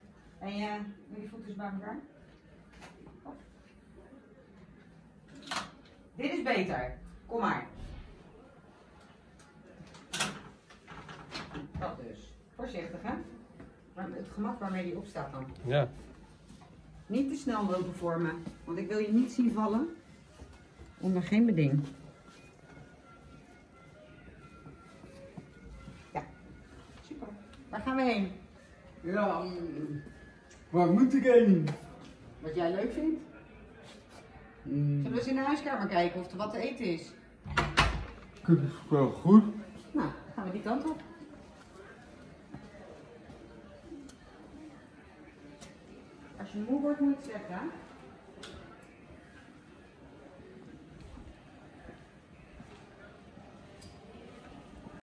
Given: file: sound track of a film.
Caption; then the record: The day after raising the amplitude to 2.3 mA, the patient was even able to walk with a walker, communicate with family and staff, make jokes, actively watch TV, and make requests for food that he would like.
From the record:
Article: Deep brain stimulation of the central thalamus restores arousal and motivation in a zolpidem-responsive patient with akinetic mutism after severe brain injury